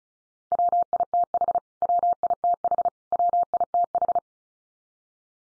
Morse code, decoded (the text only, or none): WITH WITH WITH